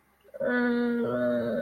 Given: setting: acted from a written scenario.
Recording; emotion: vocal sound without words; distress